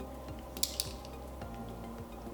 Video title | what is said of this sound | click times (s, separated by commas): Inserting my first Dexcom G5 CGM Sensor | place two fingers above the collar and your thumb on the white plunger push down the plunger you should hear two clicks here we go | 0.6 s, 0.8 s